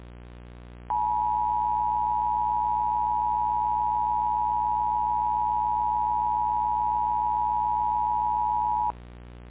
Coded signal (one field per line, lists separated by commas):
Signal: Emergency Alert System (SAME) tones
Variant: 853 and 960 Hz attention tone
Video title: EAS Mock: jasonville messed up their SVR